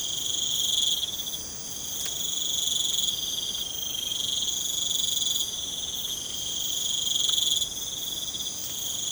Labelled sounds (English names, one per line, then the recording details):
none
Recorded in pastures near Puerto Asís, Putumayo, Colombia, on 12 March 2025 at 05:00
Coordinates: 0.505, -76.324
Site GP08